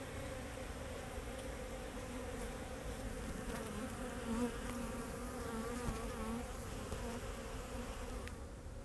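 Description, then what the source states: Bees buzzing in a steady, layered hum with wavering pitch as individuals fly past, over a low rumble. Bees flying around the recordist in Jacques Brelpark, Kersbeeklaan, Vorst, Belgium; train in background; recorded binaurally with a Sennheiser Ambeo binaural headset.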